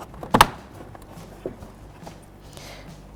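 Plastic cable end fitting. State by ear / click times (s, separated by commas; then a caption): seated / 0.4 s. The door release cable end on a 2000–2007 Volvo V70 front door is pressed into its mount on the door lock/handle assembly and seats with two sharp clicks at 0.4 s and 0.4 s. A much fainter tick follows at about 1.5 s, then only quiet low handling noise for the rest of the clip.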